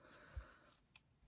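The final lithium-ion cell is pressed into the plastic cell holder of a 2012 Elinchrom Quadra Li-ion battery pack during a cell replacement. A soft low thump comes at about 0.4 s, then a short, sharp click at 1.0 s as the last cell seats in the holder.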